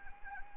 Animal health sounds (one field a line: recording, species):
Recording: mosquito wingbeat signal from an infrared sensor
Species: Anopheles arabiensis